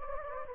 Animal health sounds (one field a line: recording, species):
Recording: mosquito wingbeat signal from an infrared sensor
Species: Anopheles gambiae